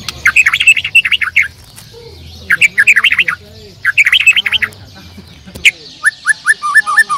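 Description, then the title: Bird song of repeated quick chirp bursts, then a run of separate falling notes, over a steady low hum. "Kicau Burung"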